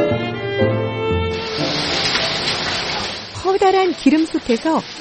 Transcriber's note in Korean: 현장음:뉴욕 거리